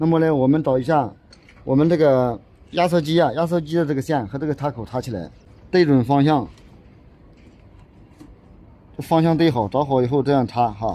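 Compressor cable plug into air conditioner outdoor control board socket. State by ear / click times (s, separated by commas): not seated / none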